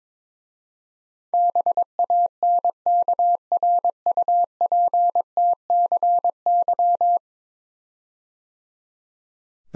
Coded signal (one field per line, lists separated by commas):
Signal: Morse code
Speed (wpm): 22 wpm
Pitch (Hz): 700 Hz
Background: none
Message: BANKRUPTCY